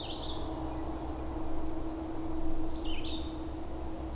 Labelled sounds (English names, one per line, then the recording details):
Red-eyed Vireo song
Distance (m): 35 m
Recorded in boreal forest in Alberta, Canada, on 26 May 2016 at 07:07
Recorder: SongMeter 3, array SBT-3-15
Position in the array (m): 111 m, 190 m